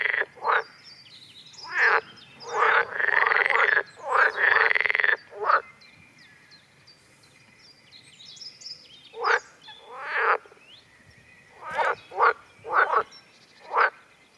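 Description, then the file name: Water frog croaking: loud rattling, pulsed croaks in bursts, some long and buzzy around four seconds, then quieter gaps and shorter croaks. "Groene Kikker"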